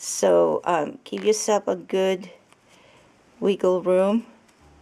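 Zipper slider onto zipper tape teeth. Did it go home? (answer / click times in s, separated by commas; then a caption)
no / none. While making a zippered boxy bag, a sewer handles a zipper slider (pull) at the ends of the zipper tape, getting ready to push it onto the teeth. Someone talks over faint handling noises, with small ticks at about 2.5 s and 4.5 s. The slider has not popped onto the teeth yet, and nothing has seated.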